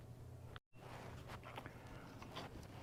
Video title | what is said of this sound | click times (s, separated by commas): Toro Timemaster Mower Blade Drive Brake Cable Install | All right, that just snapped right in here by my index finger. | 0.6 s